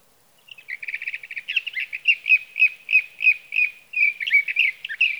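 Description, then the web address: Sage thrasher song: a quick stuttering run of clipped notes leads into evenly spaced, repeated warbled phrases, roughly three per second, continuing to the end. "birdsongforthecurious Sage Thrasher"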